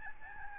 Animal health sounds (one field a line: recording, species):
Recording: mosquito wingbeat signal from an infrared sensor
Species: Aedes albopictus